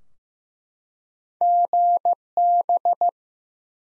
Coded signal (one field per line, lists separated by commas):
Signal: Morse code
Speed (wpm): 15 wpm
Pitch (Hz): 700 Hz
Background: none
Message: GB